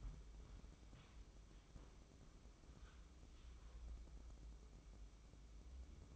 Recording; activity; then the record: daily activity, microphone in the room; wipe stove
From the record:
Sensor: 1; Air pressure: 996.1 hPa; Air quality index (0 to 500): 75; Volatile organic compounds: 4 ppm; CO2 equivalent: 1576 ppm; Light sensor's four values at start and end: 28/103/39/40 and 28/103/39/40